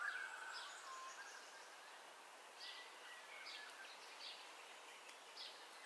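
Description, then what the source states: Birds calling at dawn, a warbled whistle opening, then scattered high chirps over a steady background hiss. Dawn ambience of bird calls, recorded in stereo.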